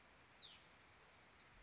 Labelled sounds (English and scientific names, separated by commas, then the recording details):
Hutton's Vireo (Vireo huttoni)
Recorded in Sonoma County, California